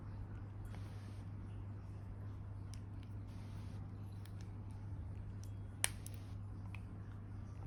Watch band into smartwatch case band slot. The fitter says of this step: Okay, you hear click sound, and the other side is the same as well.